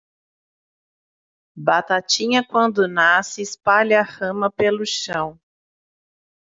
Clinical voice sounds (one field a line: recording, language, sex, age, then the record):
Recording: short text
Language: Brazilian Portuguese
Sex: female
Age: 40 to 49 years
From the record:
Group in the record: control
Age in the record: 41 years